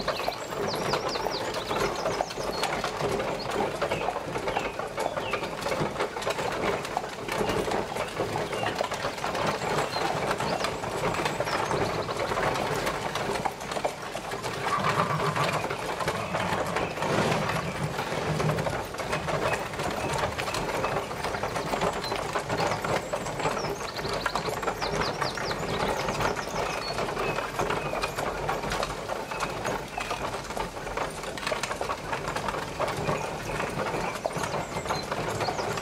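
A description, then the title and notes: A horse and cart roll along at an even pace, with a dense, constant rattle of wheels and quick clopping. The clatter holds steady for the whole stretch, mostly in the middle range, and faint high chirps occasionally sound. Horse And Cart | Travel, Forest.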